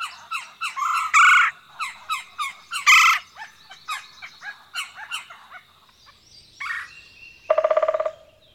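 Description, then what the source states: Red-bellied Woodpecker calling: a quick run of short chirping notes broken by two louder rolling churrs, then a lone note and a buzzy pulsed call near the end. At the nest.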